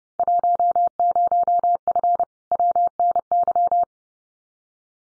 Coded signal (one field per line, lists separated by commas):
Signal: Morse code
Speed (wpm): 30 wpm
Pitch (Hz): 700 Hz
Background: none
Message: 10F WNY